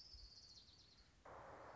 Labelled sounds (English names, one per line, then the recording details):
Orange-crowned Warbler
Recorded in Sonoma County, California